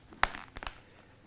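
A Shoei X-Fifteen motorcycle helmet's cheek pad is pressed back into the helmet shell liner by its small white plastic snaps. A sharp, loud snap at 0.2 s is followed by softer clicks and taps around 0.6–0.7 s. The cheek pad is seated.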